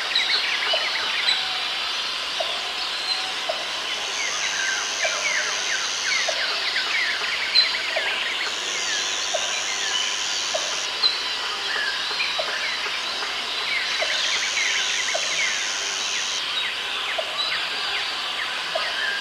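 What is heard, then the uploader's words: Jungle sounds form a dense steady wash of bright chirps and insect-like whine, with a regular low peeping call repeating about every second. Jungle Sounds White Noise.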